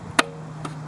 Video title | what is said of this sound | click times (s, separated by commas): How to Fix a Headlight with Water or Moisture in it | Connect our light. Make sure it clicks. | 0.2 s